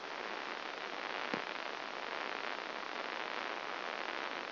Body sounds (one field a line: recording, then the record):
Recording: brain microelectrode recording played as sound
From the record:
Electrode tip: outside the subthalamic nucleus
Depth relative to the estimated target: 4 mm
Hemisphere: left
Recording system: AlphaMap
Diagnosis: Parkinson's disease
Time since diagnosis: 9 years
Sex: male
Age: 68 years